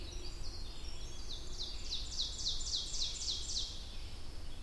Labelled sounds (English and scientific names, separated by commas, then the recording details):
Ovenbird (Seiurus aurocapilla) song
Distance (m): 45 m
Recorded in boreal forest in Alberta, Canada, on 22 June 2016 at 05:35
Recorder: SongMeter 3, array SBT-6-76
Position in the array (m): 150 m, 110 m
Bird 3